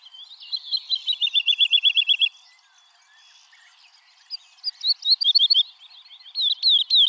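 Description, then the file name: Woodlark song with a fast, even series of fluty repeated notes, a quiet gap, then more lilting, slurred phrases. "Alouette lulu"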